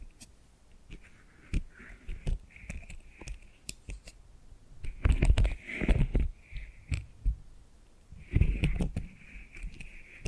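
Tapping and scratching sounds come in irregular bursts, with sharp taps scattered through the first half and denser clusters of scratching and knocking around five to six seconds and again after eight seconds. A thin, bright squeaky tone rises and fades between the bursts.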